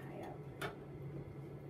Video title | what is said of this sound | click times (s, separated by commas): Tobi Training i pt 1 | you gotta twist it around there we go that's the click if it doesn't click it's not actually on so | 0.6 s